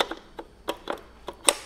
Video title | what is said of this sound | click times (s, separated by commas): Première expérience PHOTO au FLASH 📸⚡️Ai-je réussi mes portraits ? 😱 | oh fallait entendre le petit clic ok là tout tient | 1.5 s